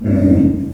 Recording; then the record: squeal of a Yucatan mini pig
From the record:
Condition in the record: after surgery on the right vocal fold (resection and tissue-engineered implant); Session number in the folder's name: 5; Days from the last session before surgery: 33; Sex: female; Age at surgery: 19 weeks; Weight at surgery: 25 kg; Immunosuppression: prednisolone